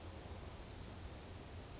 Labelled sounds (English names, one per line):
Pacific Wren